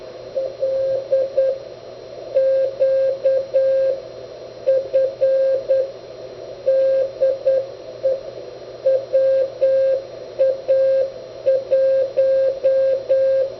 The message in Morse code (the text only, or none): LQF DE WA1